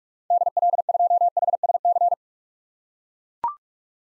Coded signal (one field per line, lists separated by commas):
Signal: Morse code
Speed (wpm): 44 wpm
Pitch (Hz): 700 Hz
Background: none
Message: DL2HSC